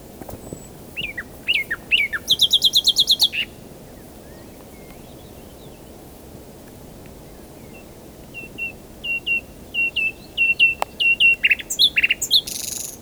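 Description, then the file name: Common nightingale song: varied whistles and a fast rattling trill, a quieter stretch, then a long run of repeated short notes ending in a dense final trill. "Luscinia megarhynchos"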